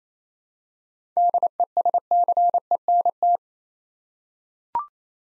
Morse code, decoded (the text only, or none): DESCENT